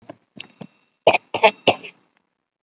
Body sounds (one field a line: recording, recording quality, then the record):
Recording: shallow voluntary cough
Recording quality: excellent, no background noise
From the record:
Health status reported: COVID-19 positive, mild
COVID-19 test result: positive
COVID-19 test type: RT-PCR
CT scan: not taken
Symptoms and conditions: cough, cold, fatigue, hypertension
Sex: female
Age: 58 years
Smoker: no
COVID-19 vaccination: none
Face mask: worn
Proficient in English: no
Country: India